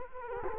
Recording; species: mosquito wingbeat signal from an infrared sensor; Culex quinquefasciatus